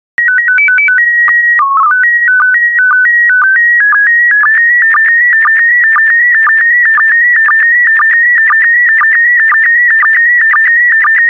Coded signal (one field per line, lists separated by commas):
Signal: SSTV (slow-scan television)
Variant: PD 120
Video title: 116078 France SSTV PD120